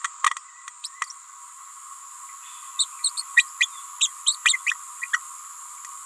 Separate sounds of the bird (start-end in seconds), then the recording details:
0.23-0.34, 0.83-0.88, 1.01-1.06, 2.78-2.86, 3.03-3.11, 3.17-3.22, 3.36-3.45, 3.59-3.67, 4.00-4.08, 4.26-4.36, 4.45-4.59, 4.66-4.74, 5.01-5.08, 5.13-5.19. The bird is a female. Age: 28 days. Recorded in a nest box in Venezuela. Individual 17B31A3